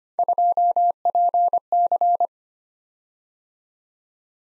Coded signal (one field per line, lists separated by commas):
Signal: Morse code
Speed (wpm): 25 wpm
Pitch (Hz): 700 Hz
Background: none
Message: 2PC